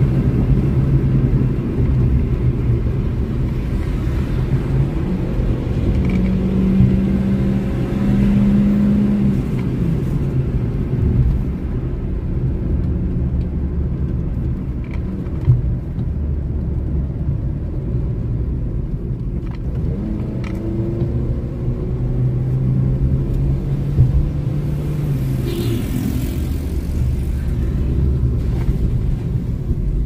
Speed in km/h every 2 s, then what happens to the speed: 99, 85, 89, 98, 93, 69, 66, 66, 59, 45, 59, 68, 71, 61, 41.
0-2 brakes to 85. 2-7 speeds up to 98. 7-17 brakes to 45. 17-24 speeds up to 71. 24-30 brakes to 41.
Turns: none.